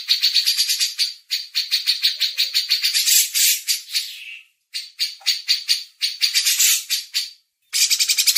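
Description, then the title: Grey-cheeked bulbul giving an extended run of scratchy, buzzy chatter notes, broken by a few short pauses. Masteran training audio. "MASTERAN CUCAK JENGGOT"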